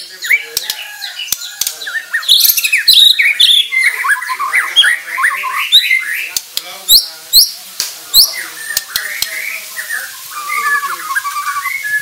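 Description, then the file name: White-rumped shama giving rapid harsh, squawking notes and chattering phrases, mixed with sharp clicks and scattered high chirps. Bornean white-rumped shama of the crowned (mahkota) variety, harsh call. "Suara kasar burung murai batu borneo mahkota"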